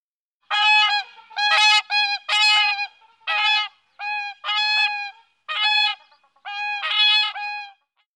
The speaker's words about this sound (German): Der Singschwan macht ja jeder Trompete Konkurrenz.